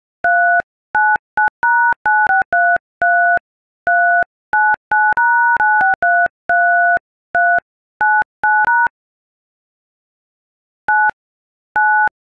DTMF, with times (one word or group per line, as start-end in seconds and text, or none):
0.2-3.4 399#9633
3.9-7.6 399#96333
8.0-8.9 99#
10.9-11.1 9
11.7-12.1 9